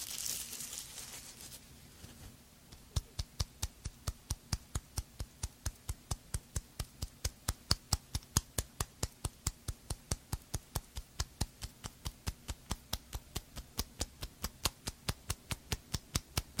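A short burst of bright brushing opens, then steady, evenly spaced tapping runs throughout at about three taps per second over a soft low hum.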